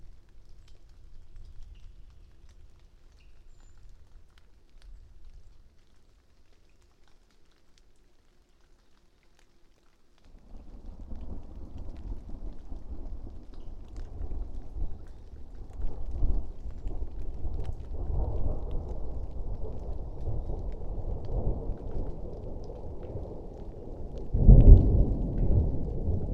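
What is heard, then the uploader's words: Near-silence with faint low rumble gives way at ten seconds to a deep rolling thunder growl that builds, peaking in a crack near twenty-four seconds. Passing Thunderstorm East Of Bear Mountain. A late spring afternoon in a small stand of Quaking Aspen growing beneath tall Ponderosa Pines beside a seasonally flooded meadow located east of Bear Mountain in Shasta-Trinity National Forest, Siskiyou County, California. A microphone is placed on either side of the trunk of a tree, in this case a Quaking Aspen.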